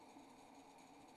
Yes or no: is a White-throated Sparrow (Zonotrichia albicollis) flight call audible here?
no